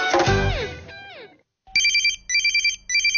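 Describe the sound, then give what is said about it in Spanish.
In a Radio Corazón advertisement, a loud burst of descending synthetic tones gives way after a short silence to an electronic telephone ring: three bright, trilling high-pitched bursts with brief gaps between them, no voices. “Atención, esta llamada es para usted.”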